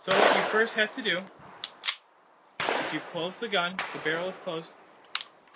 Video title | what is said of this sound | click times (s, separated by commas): Gun Fun - Technical Writing | you slide the clip in until it clicks pull back on the trigger | 5.1 s